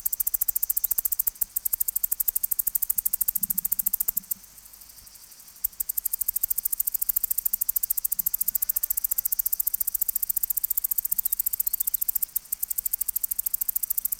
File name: Tettigeta argentata